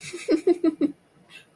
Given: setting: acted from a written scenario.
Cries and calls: vocal sound without words; amusement

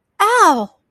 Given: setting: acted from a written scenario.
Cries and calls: vocal sound without words; pain

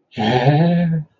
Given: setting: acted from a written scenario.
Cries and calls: vocal sound without words; elation

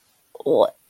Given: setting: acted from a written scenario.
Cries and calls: vocal sound without words; disgust

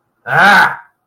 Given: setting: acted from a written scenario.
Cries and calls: vocal sound without words; anger

